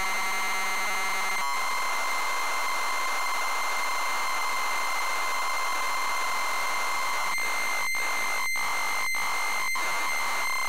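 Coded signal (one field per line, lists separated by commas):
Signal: ZX Spectrum tape loading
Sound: harsh buzzing data screech, then a steady droning lead tone with short dropouts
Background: steady hum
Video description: ZX Spectrum load up and quick game play of Return Of The Jedi loaded up using a zx spectrum +3 with a wh smith cpd8300 cassette player.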